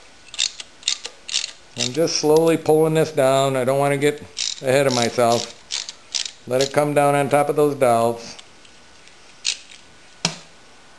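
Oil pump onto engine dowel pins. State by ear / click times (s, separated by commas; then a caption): seated / 10.2 s. A metal oil pump body on a V-Max engine is slowly drawn down by its Allen fasteners onto its locating dowel pins, with bursts of ratcheting clicks while someone talks. The pump seats onto the dowel pins with a sharp click at 10.3 s.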